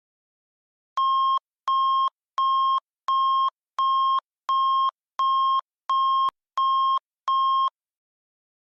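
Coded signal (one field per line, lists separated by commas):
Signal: none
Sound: synthetic alert beeps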